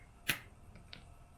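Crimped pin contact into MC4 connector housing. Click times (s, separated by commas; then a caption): 0.3 s. A crimped metal pin contact on a solar cable is pushed into a plastic MC4 connector housing until it snaps home. A sharp click is heard at 0.3 s, followed by two fainter ticks near 0.8 s and 0.9 s. The contact is seated.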